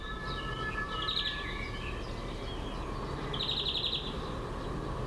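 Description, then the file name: European greenfinch song: two short, buzzy trill bursts about two seconds apart, with soft twitters between them over a low rumbling background. "Chloris chloris"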